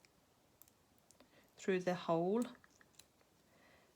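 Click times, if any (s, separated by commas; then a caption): none. The wire loop shank of a metal self-cover button, used as a toy limb joint, is threaded through the hole of a metal washer and lined up before the two parts are pushed together. Light metal ticks come at about 0.6, 1.1, 2.8 and 3.0 seconds, and someone talks in the middle of the clip. Nothing has snapped together yet.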